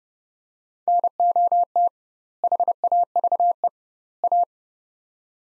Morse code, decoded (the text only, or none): NOT HAVE A